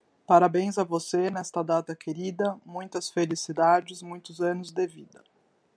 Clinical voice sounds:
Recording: short text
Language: Brazilian Portuguese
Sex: female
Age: 40 to 49 years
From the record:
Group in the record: control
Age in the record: 46 years

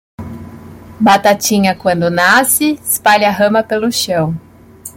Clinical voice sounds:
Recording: short text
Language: Brazilian Portuguese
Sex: female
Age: 30 to 39 years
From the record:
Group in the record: control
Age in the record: 33 years

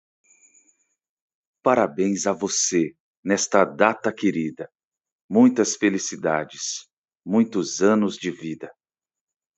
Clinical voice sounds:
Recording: short text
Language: Brazilian Portuguese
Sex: male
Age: 30 to 39 years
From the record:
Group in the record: control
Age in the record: 37 years

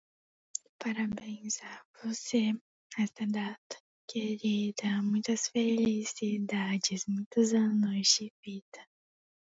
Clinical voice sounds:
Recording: short text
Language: Brazilian Portuguese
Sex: female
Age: 18 to 19 years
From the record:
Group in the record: control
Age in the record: 18 years

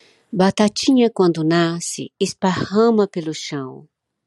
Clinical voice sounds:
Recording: short text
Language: Brazilian Portuguese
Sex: female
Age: 60 to 69 years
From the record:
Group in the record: control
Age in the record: 63 years

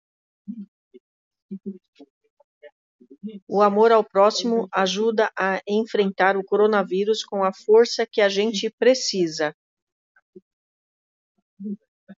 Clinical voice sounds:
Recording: spoken sentence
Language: Brazilian Portuguese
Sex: female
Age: 40 to 49 years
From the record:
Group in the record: control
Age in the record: 47 years

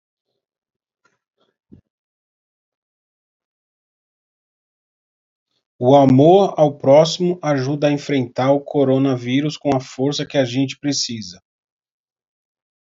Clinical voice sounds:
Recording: spoken sentence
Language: Brazilian Portuguese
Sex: male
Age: 40 to 49 years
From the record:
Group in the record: control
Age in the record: 46 years

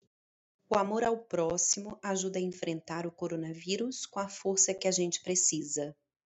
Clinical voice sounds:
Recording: spoken sentence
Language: Brazilian Portuguese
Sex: female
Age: 30 to 39 years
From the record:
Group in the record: control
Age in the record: 39 years

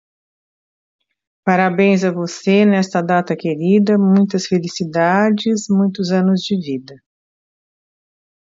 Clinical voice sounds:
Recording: short text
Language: Brazilian Portuguese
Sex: female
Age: 60 to 69 years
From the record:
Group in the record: control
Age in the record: 67 years

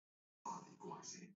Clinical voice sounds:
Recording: short text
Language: Brazilian Portuguese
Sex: male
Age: 70 to 79 years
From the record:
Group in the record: control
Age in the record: 71 years

